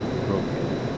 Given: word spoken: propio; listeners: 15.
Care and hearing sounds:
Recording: one Spanish word in noise, from a listening test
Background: speech-shaped noise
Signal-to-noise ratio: -4.9 dB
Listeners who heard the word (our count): 0 of 15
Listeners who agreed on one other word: 6 of 15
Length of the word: 0.58 s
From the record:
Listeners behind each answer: 6, 1, 1, 1, 1, 1, 1, 1, 1, 1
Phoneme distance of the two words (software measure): 44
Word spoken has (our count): 2 syllables, 6 phonemes, stress on syllable 1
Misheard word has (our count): 2 syllables, 4 phonemes, stress on syllable 1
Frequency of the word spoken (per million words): 242.39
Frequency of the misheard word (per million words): 29.26

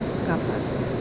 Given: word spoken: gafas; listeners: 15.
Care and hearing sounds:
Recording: one Spanish word in noise, from a listening test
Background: speech-shaped noise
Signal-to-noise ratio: -6.2 dB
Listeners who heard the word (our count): 3 of 15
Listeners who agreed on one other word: 8 of 15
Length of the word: 0.61 s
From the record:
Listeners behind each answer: 8, 3, 2, 1, 1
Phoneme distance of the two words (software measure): 20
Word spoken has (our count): 2 syllables, 5 phonemes, stress on syllable 1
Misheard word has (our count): 2 syllables, 5 phonemes, stress on syllable 1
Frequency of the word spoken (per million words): 14.31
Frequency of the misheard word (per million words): 26.06

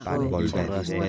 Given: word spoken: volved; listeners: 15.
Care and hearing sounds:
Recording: one Spanish word in noise, from a listening test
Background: four-talker babble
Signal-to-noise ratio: -1.3 dB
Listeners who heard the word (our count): 0 of 15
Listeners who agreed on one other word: 8 of 15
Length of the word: 0.69 s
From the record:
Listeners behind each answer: 8, 6, 1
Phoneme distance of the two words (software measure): 10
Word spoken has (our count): 2 syllables, 6 phonemes, stress on syllable 2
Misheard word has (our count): 2 syllables, 6 phonemes, stress on syllable 2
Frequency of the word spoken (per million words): 0.19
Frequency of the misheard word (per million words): 110.76

